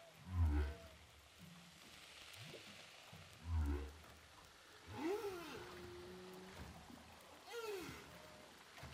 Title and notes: Baleines à bosse enregistrées à l'hydrophone DPA au large de saint Paul de la réunion